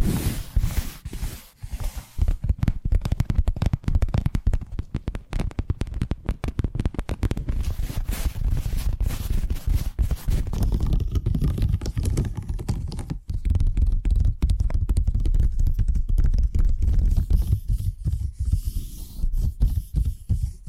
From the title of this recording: Addictive Tapping Triggers